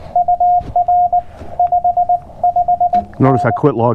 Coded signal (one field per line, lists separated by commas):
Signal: Morse code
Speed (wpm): 19 wpm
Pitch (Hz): 710 Hz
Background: speech, radio noise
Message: UR 5 5N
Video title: CW POTA Activation w FT-891